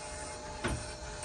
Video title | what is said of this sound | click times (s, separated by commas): NEW 2022 GRAND DESIGN MOMENTUM 31G Toyhauler Travel Trailer G Class Dodd RV Show Solar | you'll hear the click and when you go to bring it down the top bed stays | 0.7 s